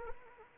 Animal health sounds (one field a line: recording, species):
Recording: mosquito wingbeat signal from an infrared sensor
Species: Anopheles arabiensis